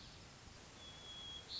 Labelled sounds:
White-crowned Sparrow
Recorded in Sonoma County, California

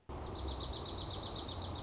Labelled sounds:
Dark-eyed Junco
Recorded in Sonoma County, California

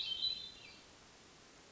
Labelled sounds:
Hermit Thrush
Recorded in Sonoma County, California

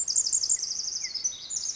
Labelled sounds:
Pacific Wren
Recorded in Sonoma County, California

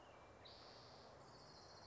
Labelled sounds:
Spotted Towhee
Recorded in Sonoma County, California

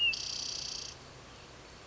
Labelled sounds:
Spotted Towhee
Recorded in Sonoma County, California

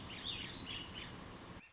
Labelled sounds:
Warbling Vireo
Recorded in Sonoma County, California

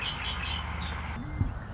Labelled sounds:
Red-winged Blackbird
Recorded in Sonoma County, California

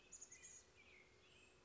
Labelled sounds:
Chestnut-backed Chickadee
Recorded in Sonoma County, California

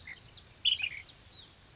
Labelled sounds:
Ash-throated Flycatcher
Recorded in Sonoma County, California

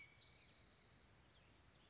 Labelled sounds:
Spotted Towhee
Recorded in Sonoma County, California

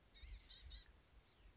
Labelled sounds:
Blue-gray Gnatcatcher
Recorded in Sonoma County, California

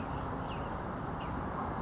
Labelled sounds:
Western Tanager
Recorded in Sonoma County, California

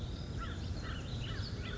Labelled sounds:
American Crow
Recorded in Sonoma County, California

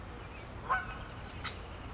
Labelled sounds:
California Towhee
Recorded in Sonoma County, California

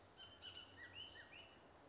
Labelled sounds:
Bullock's Oriole
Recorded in Sonoma County, California

